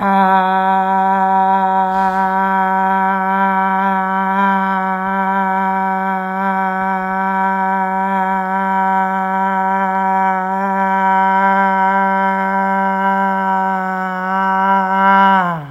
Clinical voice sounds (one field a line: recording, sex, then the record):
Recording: sustained vowel /a/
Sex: female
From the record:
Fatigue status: no fatigue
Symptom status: asymptomatic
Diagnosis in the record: COVID-19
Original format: m4a